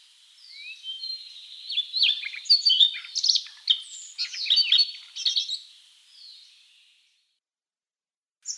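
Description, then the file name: Siberian rubythroat pouring out a rich, high warble of rapid whistles and buzzy chirps for about seven seconds before falling silent. "solovey krasnosheyka golos"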